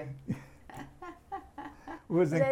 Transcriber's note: chuckles